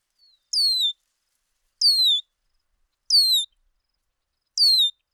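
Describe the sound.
Bird song: four slurred descending whistles at fairly regular intervals, each under half a second long, with quiet between.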